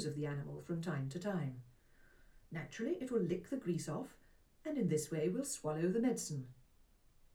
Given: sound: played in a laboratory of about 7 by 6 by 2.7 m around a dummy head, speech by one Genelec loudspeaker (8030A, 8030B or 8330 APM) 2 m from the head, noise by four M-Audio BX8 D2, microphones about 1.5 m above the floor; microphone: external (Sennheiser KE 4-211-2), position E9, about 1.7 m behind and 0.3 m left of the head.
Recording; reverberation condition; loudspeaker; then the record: female speech in English; low; 60 degrees to the right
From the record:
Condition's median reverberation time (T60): about 310 ms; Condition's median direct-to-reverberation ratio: about 3.5 dB